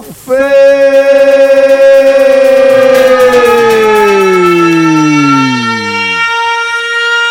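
A loud siren sound effect wails with a rich, harmonic tone, holding a steady pitch before sliding downward in a long descending whine that fades out near the end, played after a countdown to open the Inadaptado Fest live stream.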